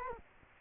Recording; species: mosquito wingbeat signal from an infrared sensor; Culex quinquefasciatus